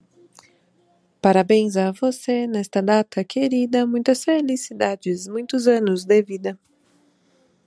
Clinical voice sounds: short text; Brazilian Portuguese; female; 30 to 39 years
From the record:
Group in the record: control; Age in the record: 34 years

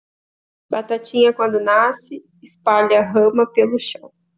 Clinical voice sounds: short text; Brazilian Portuguese; female; 30 to 39 years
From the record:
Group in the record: control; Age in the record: 34 years

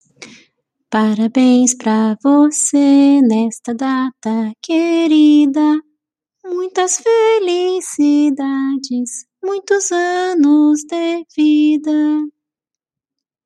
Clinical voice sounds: short text; Brazilian Portuguese; female; 40 to 49 years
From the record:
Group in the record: control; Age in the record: 48 years

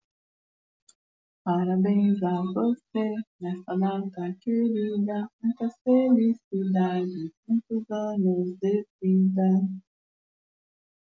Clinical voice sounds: short text; Brazilian Portuguese; female; 60 to 69 years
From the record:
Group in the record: control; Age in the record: 63 years

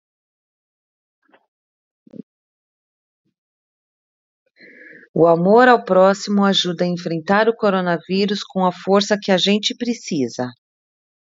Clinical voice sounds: spoken sentence; Brazilian Portuguese; female; 40 to 49 years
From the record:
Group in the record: control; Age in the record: 43 years

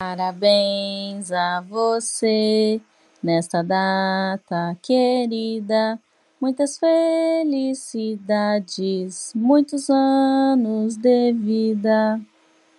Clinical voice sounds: short text; Brazilian Portuguese; female; 30 to 39 years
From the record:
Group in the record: control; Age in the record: 32 years

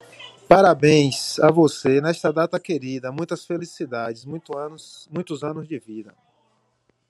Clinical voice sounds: short text; Brazilian Portuguese; male; 40 to 49 years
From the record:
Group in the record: control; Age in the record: 42 years

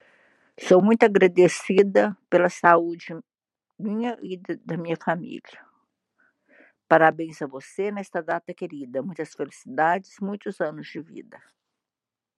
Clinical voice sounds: short text; Brazilian Portuguese; female; 60 to 69 years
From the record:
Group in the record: control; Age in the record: 68 years

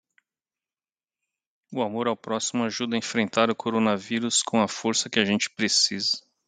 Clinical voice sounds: spoken sentence; Brazilian Portuguese; male; 50 to 59 years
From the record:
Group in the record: control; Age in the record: 50 years

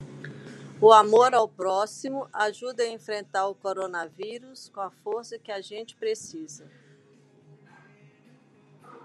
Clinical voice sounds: spoken sentence; Brazilian Portuguese; female; 50 to 59 years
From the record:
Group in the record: control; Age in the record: 58 years

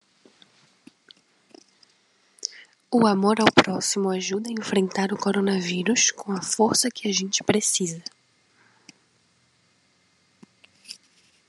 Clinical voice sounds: spoken sentence; Brazilian Portuguese; female; 20 to 29 years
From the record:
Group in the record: control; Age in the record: 22 years

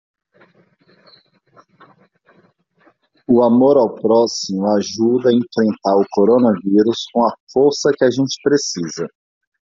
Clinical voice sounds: spoken sentence; Brazilian Portuguese; male; 30 to 39 years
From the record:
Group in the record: control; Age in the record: 30 years

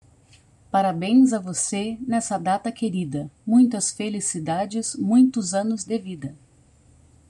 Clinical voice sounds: short text; Brazilian Portuguese; female; 50 to 59 years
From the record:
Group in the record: control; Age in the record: 50 years

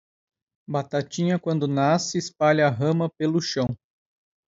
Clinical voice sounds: short text; Brazilian Portuguese; male; 30 to 39 years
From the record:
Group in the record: control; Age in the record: 39 years

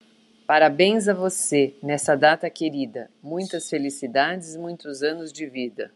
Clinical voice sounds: short text; Brazilian Portuguese; female; 50 to 59 years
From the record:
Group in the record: control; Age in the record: 52 years

